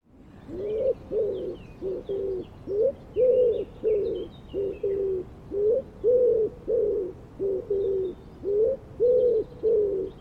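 Bird giving low, hollow cooing notes, repeated steadily throughout, with faint higher chirps in the background.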